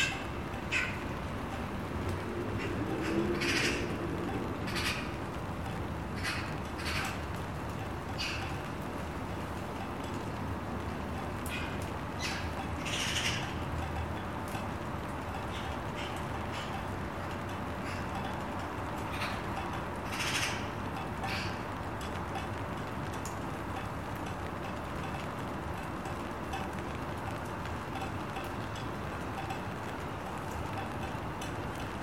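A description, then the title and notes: A steady wash of rain fills the scene, with a low vehicle rumble and a faint, even tone running underneath. Short bright chattering calls, likely a magpie, break through at irregular intervals, clustering around the first few seconds and again near the middle. At least four varieties of rain, public transport always, an agitated magpie, drones 'n' tones, a rudimentary but hopefully not unsatisfactory rhythm. In suburban Tyneside.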